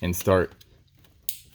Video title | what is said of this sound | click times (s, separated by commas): Installing new spark plugs in Volkswagen Atlas Cross Sport | making connections and you can hear it clicking in already | 1.3 s